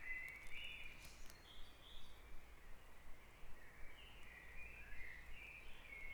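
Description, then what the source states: Birds calling at daybreak, wavering notes in overlapping runs, with a soft steady rumble underneath. Dawn chorus on Back Dragon Avenue, Harrogate; part of the Sound Map of Harrogate.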